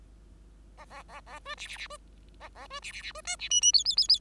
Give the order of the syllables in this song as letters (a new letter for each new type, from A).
A A A A B C C C B A A B C C C B D C E E F F F F